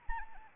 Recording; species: mosquito wingbeat signal from an infrared sensor; Anopheles arabiensis